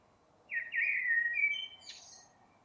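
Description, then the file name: Eurasian blackbird song phrase: a smooth, mellow whistle that falls slightly, then ends in a short, thin, high-pitched twitter. "Turdus merula"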